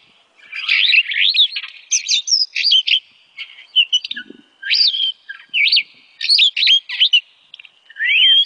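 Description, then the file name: Starling song of rapid sliding whistles and scratchy notes, delivered in a steady string of short phrases, with a rising whistle at the end. "suara kicauan jalak afrika. omkicau"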